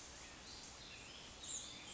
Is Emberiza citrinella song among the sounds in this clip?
no